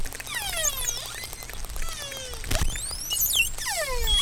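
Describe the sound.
Whale calls: many overlapping whistles sweeping down and up, with clicks and pulsed bursts throughout.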